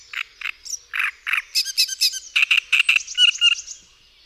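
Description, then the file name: Great reed warbler song: a loud, chattering sequence of harsh notes, switching between low croaks, buzzy rattles and repeated squeaky notes in quick succession. "Trzciniak"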